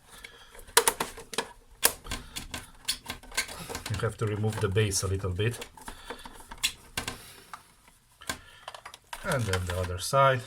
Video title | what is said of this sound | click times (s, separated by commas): NESPRESSO CITIZ - step by step disassembly and clean Turmix TX170 | push it in until it clicks you | 0.8 s